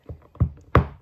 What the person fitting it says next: There. That's the satisfying click.